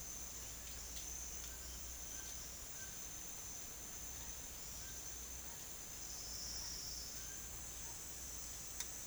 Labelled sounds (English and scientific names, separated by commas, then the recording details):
none
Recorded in secondary vegetation near Puerto Asís, Putumayo, Colombia, on 29 June 2025 at 09:30
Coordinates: 0.485, -76.322
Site GP06